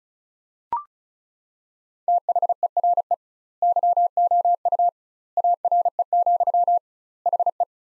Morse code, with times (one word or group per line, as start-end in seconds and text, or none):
2.1-3.1 THERE
3.6-4.9 YOU
5.4-6.8 ARE,
7.3-7.6 HE